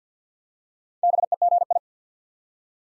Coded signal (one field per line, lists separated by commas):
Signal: Morse code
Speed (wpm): 49 wpm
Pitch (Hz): 700 Hz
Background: none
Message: BEGI